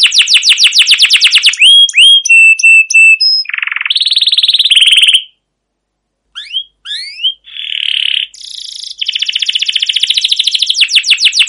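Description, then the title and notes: Canary song mixing rapid trills, piping notes and buzzy rolls, broken by a short pause, then resuming with high rattling tours. Domestic canary singing a long continuous rolling song (ngerol, gacor panjang), used as a lure to train other canaries. "CUIT CUIT NGEROL LANGSUNG GACOR PANJANG Kenari Ini AMPUH Utk Pancingan KENARI PAUD BELAJAR BUNYI. burung kenari"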